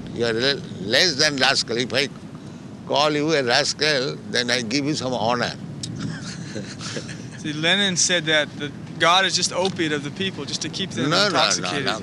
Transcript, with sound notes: You are less than rascal. If I call you a rascal, then I give you some honor. [laughter]
Lenin said that God is just opiate of the people, just to keep them intoxicated.